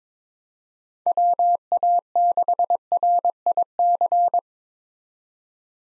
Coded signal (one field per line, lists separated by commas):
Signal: Morse code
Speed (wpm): 22 wpm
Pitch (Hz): 700 Hz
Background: none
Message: WA6RIC